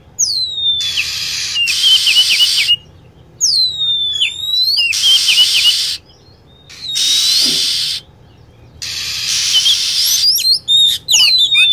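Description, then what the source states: Lovebird calls: repeated harsh screeches with descending whistled chirps between them, ending in a quick burst of high twitters. Lure sound for attracting lovebirds.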